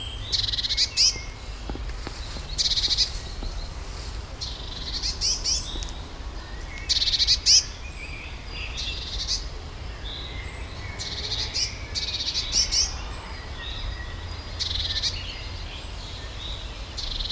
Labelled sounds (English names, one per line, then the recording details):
Eurasian Blue Tit
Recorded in the wild
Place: Schloßpark Niederschönhausen, Berlin, DE
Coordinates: 52.58, 13.4
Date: 1996-05-26 17:18
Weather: wechselnd wolkig, 17°C
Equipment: Sony MD-WM MZ-R3, Sennheiser MKH 416 T, Kopie Uher 4000 Report Monitor
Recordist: Tembrock, Günter